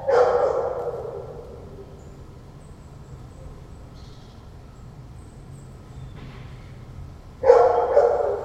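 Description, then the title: Dog calls: one loud call at the start, several seconds of near quiet, then another loud call near the end. Dog in a patio at Corinthstraße, Friedrichshain, Berlin, 14 September 2012, recorded from an apartment bathroom window; barking and howling for hours, a sad sound. "Patio with howling dog (Corinthstraße Berlin, September 14th 2012)"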